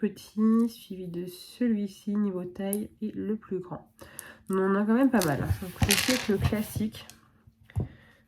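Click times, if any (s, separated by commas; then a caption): 7.7 s. A plastic tip is pushed into the end of a diamond-painting stylus while someone talks. Rustling and handling noise follow, then a short, sharp click at 7.7 s marks the tip snapping in and seating.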